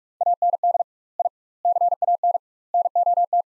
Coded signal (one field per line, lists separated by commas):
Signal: Morse code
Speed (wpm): 46 wpm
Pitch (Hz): 700 Hz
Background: none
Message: AND I CAN NOT